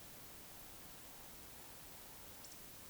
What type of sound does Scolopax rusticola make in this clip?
whistle, croak